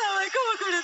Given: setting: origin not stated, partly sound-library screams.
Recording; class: one-second piece from a danger detection set; woman in danger